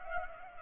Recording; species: mosquito wingbeat signal from an infrared sensor; Culex pipiens